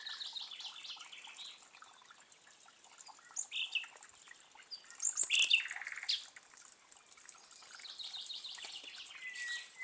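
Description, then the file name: Common nightingale song, soft scattered phrases with a brief loud burst of high chirps midway, then quieter varied notes against a faint background hiss. "Luscinia megarhynchos"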